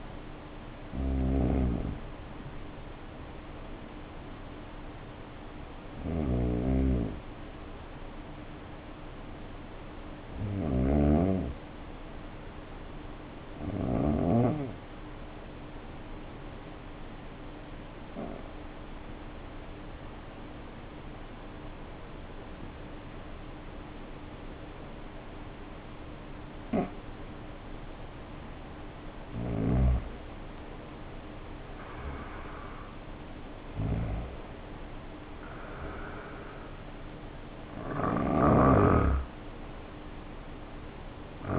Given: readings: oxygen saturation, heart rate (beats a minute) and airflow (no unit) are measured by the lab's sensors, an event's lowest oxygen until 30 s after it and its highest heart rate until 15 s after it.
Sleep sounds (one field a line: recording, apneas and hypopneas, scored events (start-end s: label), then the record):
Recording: breathing in sleep by a voice recorder at the bedside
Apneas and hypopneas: 1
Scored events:
15.00-29.90 s: obstructive apnea (N1, oxygen 95% highest, then 83% lowest, heart rate 57 at the start, 65 highest)
From the record:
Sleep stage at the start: N1 (lightest sleep)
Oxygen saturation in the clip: 80 to 95%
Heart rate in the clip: 54 to 65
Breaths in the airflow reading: 7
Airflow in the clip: -5.7 to 8.0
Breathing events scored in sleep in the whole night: 520 in 7.2 hours asleep